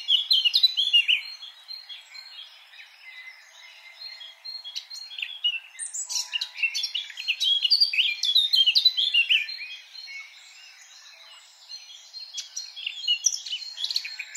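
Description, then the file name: Eurasian blackcap song, a dense, rapid warbling of scratchy and fluty notes in bursts, pausing around four seconds and again near eleven seconds. "Sylvia atricapilla"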